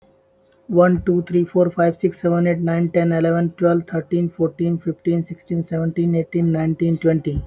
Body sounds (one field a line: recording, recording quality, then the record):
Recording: counting at a fast pace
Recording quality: excellent, no background noise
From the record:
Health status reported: healthy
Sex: male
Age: 32 years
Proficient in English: no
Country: India